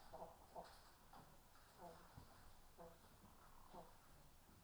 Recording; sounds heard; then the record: poultry house recording; sick chickens (respiratory disease)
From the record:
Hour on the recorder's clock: 13